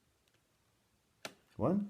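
A metal retaining clip holding a laptop SO-DIMM memory module in its slot is pushed aside, the first of two, and it springs open with a sharp click at 1.2 s. Near the end of the clip, someone talks.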